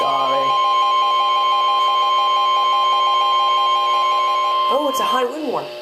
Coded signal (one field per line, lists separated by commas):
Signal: Emergency Alert System (SAME) tones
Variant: 1050 Hz attention tone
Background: speech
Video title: High Wind Warning (EAS #681)